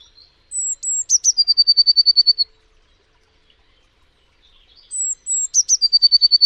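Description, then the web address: Bird song: a high thin whistle drops into a fast, even trill of ticking notes lasting about a second, given twice with a quiet pause between. "Deverinetal 2025 Bird Only Cy Ca"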